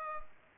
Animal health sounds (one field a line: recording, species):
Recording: mosquito wingbeat signal from an infrared sensor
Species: Culex pipiens